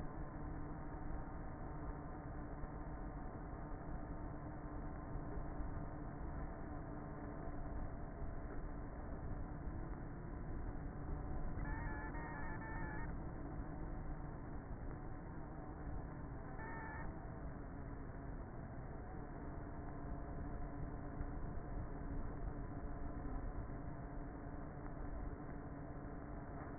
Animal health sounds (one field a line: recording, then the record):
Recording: honeybee colony, microphone inside the hive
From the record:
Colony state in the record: queenless with a low population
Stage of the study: before two queens were removed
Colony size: about 30,000 bees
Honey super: no